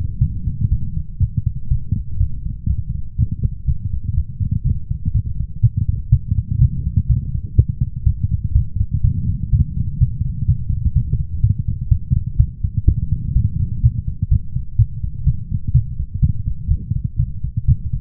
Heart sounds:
heart sounds by stethoscope; 124 bpm
0.19 s: heartbeat
0.70 s: heartbeat
1.20 s: heartbeat
1.69 s: heartbeat
2.18 s: heartbeat
2.67 s: heartbeat
3.16 s: heartbeat
3.66 s: heartbeat
4.15 s: heartbeat
4.64 s: heartbeat
5.13 s: heartbeat
5.61 s: heartbeat
6.10 s: heartbeat
6.59 s: heartbeat
7.07 s: heartbeat
7.56 s: heartbeat
8.04 s: heartbeat
8.53 s: heartbeat
9.02 s: heartbeat
9.51 s: heartbeat
9.99 s: heartbeat
10.46 s: heartbeat
10.94 s: heartbeat
11.41 s: heartbeat
11.89 s: heartbeat
12.38 s: heartbeat
12.86 s: heartbeat
13.34 s: heartbeat
13.82 s: heartbeat
14.29 s: heartbeat
14.77 s: heartbeat
15.25 s: heartbeat
15.72 s: heartbeat
16.20 s: heartbeat
16.69 s: heartbeat
17.17 s: heartbeat
17.66 s: heartbeat
From the record:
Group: healthy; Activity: light exercise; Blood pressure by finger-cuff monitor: 122/71 mmHg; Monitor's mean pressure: 87 mmHg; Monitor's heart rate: 123 bpm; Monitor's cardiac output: 9.8 L/min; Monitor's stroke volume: 79 mL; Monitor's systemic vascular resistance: 650 dyn s/cm5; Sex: female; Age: 24 years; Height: 163 cm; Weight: 55.7 kg

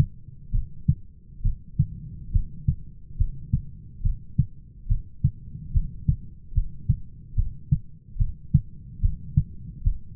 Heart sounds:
heart sounds by stethoscope; 71 bpm
0.53 s: heartbeat
1.44 s: heartbeat
2.34 s: heartbeat
3.19 s: heartbeat
4.04 s: heartbeat
4.90 s: heartbeat
5.74 s: heartbeat
6.55 s: heartbeat
7.37 s: heartbeat
8.20 s: heartbeat
9.03 s: heartbeat
9.84 s: heartbeat
From the record:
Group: heart failure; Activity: rest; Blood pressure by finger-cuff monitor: 117/81 mmHg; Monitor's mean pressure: 93 mmHg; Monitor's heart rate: 70 bpm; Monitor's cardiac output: 6.3 L/min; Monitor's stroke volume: 90 mL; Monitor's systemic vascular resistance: 1070 dyn s/cm5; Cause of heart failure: idiopathic cardiomyopathy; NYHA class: 1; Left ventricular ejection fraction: 50%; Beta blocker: bisoprolol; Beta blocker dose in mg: 5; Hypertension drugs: candesartan, spironolactone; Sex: male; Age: 54 years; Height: 180 cm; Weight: 94.6 kg

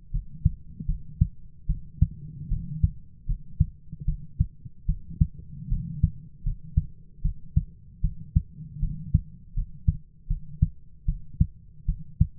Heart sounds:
heart sounds by stethoscope; 77 bpm
0.11 s: heartbeat
0.86 s: heartbeat
1.67 s: heartbeat
2.49 s: heartbeat
3.26 s: heartbeat
4.06 s: heartbeat
4.86 s: heartbeat
5.69 s: heartbeat
6.44 s: heartbeat
7.22 s: heartbeat
8.02 s: heartbeat
8.80 s: heartbeat
9.54 s: heartbeat
10.28 s: heartbeat
11.06 s: heartbeat
11.86 s: heartbeat
From the record:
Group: healthy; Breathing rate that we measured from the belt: 18 breaths a minute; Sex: female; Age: 22 years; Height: 161 cm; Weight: 65.5 kg

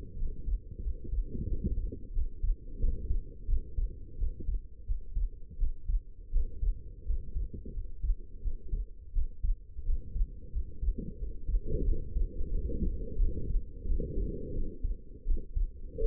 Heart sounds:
heart sounds by stethoscope; 87 bpm
0.16 s: heartbeat
0.81 s: heartbeat
1.46 s: heartbeat
2.12 s: heartbeat
2.79 s: heartbeat
3.47 s: heartbeat
4.17 s: heartbeat
4.85 s: heartbeat
5.57 s: heartbeat
6.31 s: heartbeat
7.04 s: heartbeat
7.72 s: heartbeat
8.41 s: heartbeat
9.12 s: heartbeat
9.83 s: heartbeat
10.51 s: heartbeat
11.17 s: heartbeat
11.84 s: heartbeat
12.50 s: heartbeat
13.18 s: heartbeat
13.85 s: heartbeat
14.53 s: heartbeat
15.25 s: heartbeat
15.99 s: heartbeat
From the record:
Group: healthy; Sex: female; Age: 19 years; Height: 163 cm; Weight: 51 kg

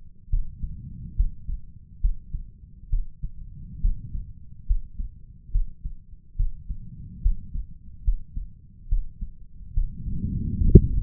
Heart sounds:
heart sounds by stethoscope; 70 bpm
0.29 s: heartbeat
1.15 s: heartbeat
2.00 s: heartbeat
2.89 s: heartbeat
3.81 s: heartbeat
4.66 s: heartbeat
5.51 s: heartbeat
6.36 s: heartbeat
7.21 s: heartbeat
8.04 s: heartbeat
8.88 s: heartbeat
9.74 s: heartbeat
10.57 s: heartbeat
From the record:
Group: healthy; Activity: rest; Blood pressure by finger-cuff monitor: 140/89 mmHg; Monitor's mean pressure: 109 mmHg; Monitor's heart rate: 71 bpm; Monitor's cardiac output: 5.5 L/min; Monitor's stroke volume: 77 mL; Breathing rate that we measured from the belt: 20 breaths a minute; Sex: male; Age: 35 years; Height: 178 cm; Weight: 64 kg

